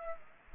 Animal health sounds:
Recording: mosquito wingbeat signal from an infrared sensor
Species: Aedes aegypti

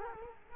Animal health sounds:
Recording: mosquito wingbeat signal from an infrared sensor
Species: Culex quinquefasciatus

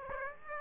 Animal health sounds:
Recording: mosquito wingbeat signal from an infrared sensor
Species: Aedes aegypti

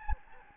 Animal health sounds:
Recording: mosquito wingbeat signal from an infrared sensor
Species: Anopheles gambiae

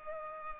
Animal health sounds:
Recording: mosquito wingbeat signal from an infrared sensor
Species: Culex pipiens

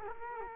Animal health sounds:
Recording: mosquito wingbeat signal from an infrared sensor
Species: Culex quinquefasciatus

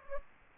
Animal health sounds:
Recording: mosquito wingbeat signal from an infrared sensor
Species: Anopheles gambiae

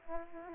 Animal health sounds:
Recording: mosquito wingbeat signal from an infrared sensor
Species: Aedes aegypti

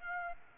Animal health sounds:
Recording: mosquito wingbeat signal from an infrared sensor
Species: Aedes aegypti

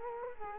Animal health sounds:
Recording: mosquito wingbeat signal from an infrared sensor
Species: Culex quinquefasciatus

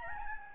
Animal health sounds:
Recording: mosquito wingbeat signal from an infrared sensor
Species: Aedes albopictus

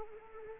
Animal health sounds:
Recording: mosquito wingbeat signal from an infrared sensor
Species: Anopheles arabiensis

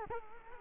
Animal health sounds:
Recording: mosquito wingbeat signal from an infrared sensor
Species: Culex quinquefasciatus

